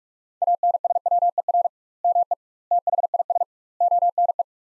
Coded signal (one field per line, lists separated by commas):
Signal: Morse code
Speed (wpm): 43 wpm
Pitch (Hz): 700 Hz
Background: none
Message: ANSWER ME THIS ONE